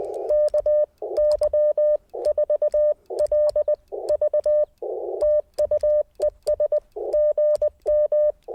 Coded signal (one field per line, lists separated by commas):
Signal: Morse code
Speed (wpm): 20 wpm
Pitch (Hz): 1800 Hz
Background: none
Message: KY4LV TU ES GM